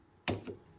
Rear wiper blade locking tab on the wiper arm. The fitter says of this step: then this thing right here you just want to turn it back and you're gonna hear it snap so listen okay so